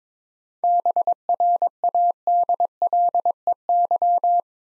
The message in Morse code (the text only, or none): BRADLEY